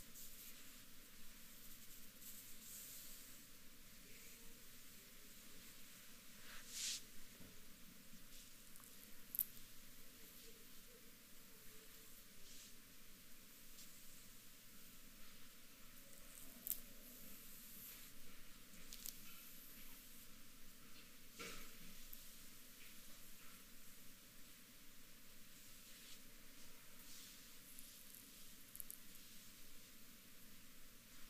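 Long nails scratch across a back in a steady, dense rasp that keeps going for the whole stretch with little change. The scraping stays bright and hissy, with occasional sharper strokes standing out around 7, 9, 17 and 21 seconds.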